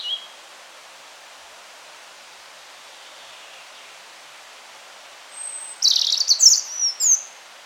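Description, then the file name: European robin song: steady background hiss for several seconds, then a short, very high, sparkling phrase of thin whistles and fast twitters. "Erithacus rubecula"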